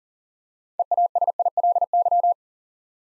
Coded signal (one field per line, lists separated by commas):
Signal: Morse code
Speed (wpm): 41 wpm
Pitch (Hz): 700 Hz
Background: none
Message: EASILY